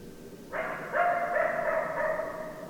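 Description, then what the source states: Coyote howling, a long harmonic note starting softly then swelling, with slight wavering, sustained over about two seconds against quiet hiss. Coyotes recorded on 10 December 2012.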